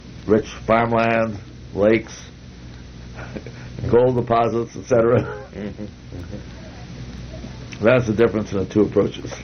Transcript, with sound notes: rich farm land, lakes, gold deposits, et cetera. [laughter] That's the difference in the two approaches.